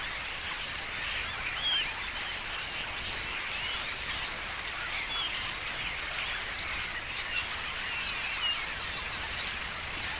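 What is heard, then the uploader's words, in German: Starlings in the evening chatter without pause, a dense mass of whistles, clicks and rasping calls crowding the upper range. The din stays steady and busy for the whole stretch, with a few brighter squeals and whistles standing out now and then. Stare Am Abend. Stare die landen.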